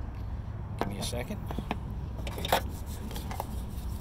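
A new paper oil filter element is lined up on the peg of the plastic filter housing cap from a Promaster van engine, and its end is worked over the top so it will lock in. Someone talks over light handling taps and rustles, with a few sharp little knocks near the end. The element has not snapped or seated yet.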